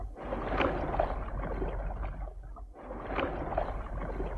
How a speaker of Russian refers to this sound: Через несколько минут мы уже были в шлюпке, и гребцы опустили весла на воду.